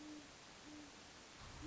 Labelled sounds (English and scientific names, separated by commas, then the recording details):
Great Horned Owl (Bubo virginianus)
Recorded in Sonoma County, California